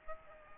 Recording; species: mosquito wingbeat signal from an infrared sensor; Aedes albopictus